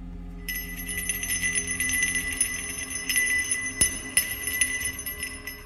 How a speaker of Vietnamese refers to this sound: Tiếng chuông vang lên giữa đêm.